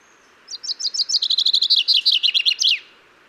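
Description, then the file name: Common chaffinch singing a cascading phrase of crisp repeated notes that quicken and descend, finishing with an emphatic terminal flourish. "Fringilla coelebs"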